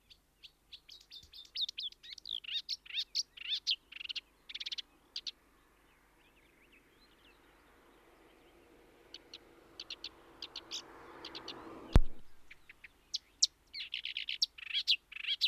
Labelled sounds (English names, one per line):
Marsh Warbler song